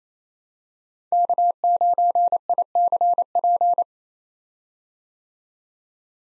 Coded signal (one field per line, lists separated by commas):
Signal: Morse code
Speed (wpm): 27 wpm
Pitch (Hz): 700 Hz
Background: none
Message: K9ICP